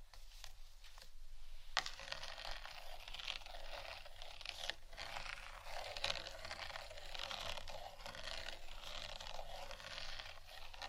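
Intense scratching fills the clip, a dense, rough hiss of scraping that runs almost without pause after the first two seconds. The sound sits in the upper range with little low body, broken by brief sharp scrapes and clicks every second or so.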